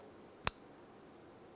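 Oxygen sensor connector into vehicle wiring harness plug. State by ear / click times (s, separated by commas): seated / 0.5 s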